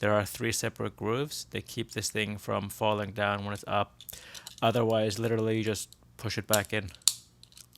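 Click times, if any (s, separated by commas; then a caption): 7.4 s, 7.5 s, 7.6 s, 7.8 s. Someone talks, then the raised plastic body and suspension of a 1:64 Maisto Lowriders 1959 Chevrolet Impala SS diecast toy car is pushed back down, ratcheting over three moulded plastic grooves held only by plastic flex. Small sharp clicks come at 7.4, 7.5, 7.6 and 7.8 seconds as it passes through the detents, and the suspension seats back in the lowered position.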